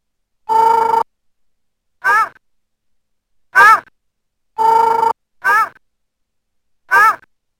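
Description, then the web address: Dog giving two kinds of cry: flat, sustained bays and brief, bending yelps, six calls in under eight seconds, separated by silence. "ogare"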